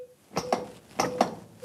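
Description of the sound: A faint steady mid-pitched tone runs under sharp rhythmic ticks that come in pairs. This is a metronome beep played over the phone during dispatcher-guided resuscitation to set the pace for chest compressions, pressing about 5 cm deep.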